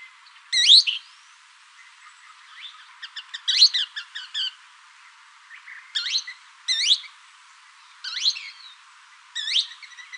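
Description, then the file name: Thick-billed kingbird calls, sharp rising buzzy notes at irregular intervals, with short stuttering chatter between some of them. Recorded in Arizona on 16 May 2001. "TBKI 1 deviche"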